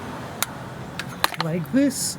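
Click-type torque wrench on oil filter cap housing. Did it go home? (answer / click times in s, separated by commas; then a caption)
yes / 0.4 s. A click-type torque wrench set to 18.5 ft-lb turns the oil filter cap housing clockwise on a 2011–2016 Scion tC. The wrench clicks at 0.4 s, showing it has reached the set torque. Further short sharp sounds come at 1.0 s and 1.2 s, and someone talks toward the end.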